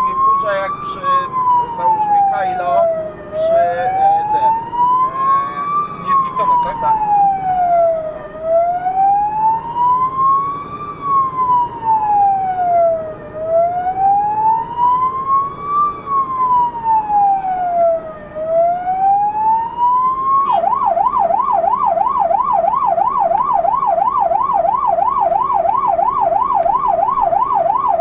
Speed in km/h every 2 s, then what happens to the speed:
49, 52, 55, 56, 58, 61, 63, 64, 64, 60, 56, 55, 56, 55.
0-13 speeds up to 64. 13-22 slows to 55. 22-28 steady at about 55.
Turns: none.